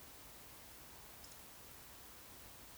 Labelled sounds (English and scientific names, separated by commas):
Eurasian Woodcock (Scolopax rusticola) whistle